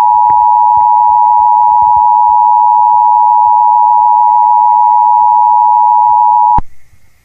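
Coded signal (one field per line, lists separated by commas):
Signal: Emergency Alert System (SAME) tones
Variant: 853 and 960 Hz attention tone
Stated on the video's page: Fictional mini EAS scenario about a hurricane season, containing valid EAS tones.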